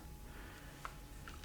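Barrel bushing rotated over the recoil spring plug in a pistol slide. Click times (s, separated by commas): 0.9 s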